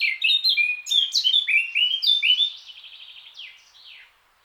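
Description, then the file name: Eurasian blackcap song with rich, loud whistled notes tumbling up and down, then fading into softer trailing chirps. "Sylvia atricapilla"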